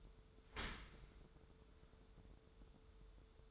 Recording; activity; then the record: daily activity, microphone in the room; open dishwasher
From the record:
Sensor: 3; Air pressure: 1014.9 hPa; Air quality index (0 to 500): 34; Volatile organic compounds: 1 ppm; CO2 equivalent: 559 ppm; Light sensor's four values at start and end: 11/26/11/11 and 11/26/11/11